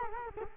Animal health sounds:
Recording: mosquito wingbeat signal from an infrared sensor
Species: Culex quinquefasciatus

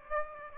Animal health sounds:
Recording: mosquito wingbeat signal from an infrared sensor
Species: Aedes aegypti

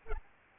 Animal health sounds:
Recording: mosquito wingbeat signal from an infrared sensor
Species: Aedes albopictus

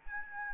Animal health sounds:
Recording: mosquito wingbeat signal from an infrared sensor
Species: Aedes albopictus

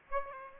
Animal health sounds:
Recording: mosquito wingbeat signal from an infrared sensor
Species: Aedes aegypti

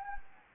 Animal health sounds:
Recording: mosquito wingbeat signal from an infrared sensor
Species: Anopheles gambiae

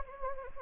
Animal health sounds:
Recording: mosquito wingbeat signal from an infrared sensor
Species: Anopheles gambiae

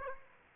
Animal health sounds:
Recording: mosquito wingbeat signal from an infrared sensor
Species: Aedes aegypti

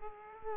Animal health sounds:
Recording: mosquito wingbeat signal from an infrared sensor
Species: Aedes aegypti

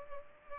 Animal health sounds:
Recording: mosquito wingbeat signal from an infrared sensor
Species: Culex pipiens

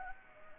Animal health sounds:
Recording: mosquito wingbeat signal from an infrared sensor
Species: Anopheles gambiae

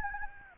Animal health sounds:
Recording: mosquito wingbeat signal from an infrared sensor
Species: Anopheles gambiae

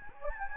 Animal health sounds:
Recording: mosquito wingbeat signal from an infrared sensor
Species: Anopheles gambiae

